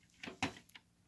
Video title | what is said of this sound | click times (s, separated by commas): cpu 쿨러 장착 분리,cpu 냉각팬 탈착 방법,How to install and remove intel cpu cooler | 예 2 선을 잡고 이 홀의 이렇게 미 러 중 딱 소리 나죠 | 0.4 s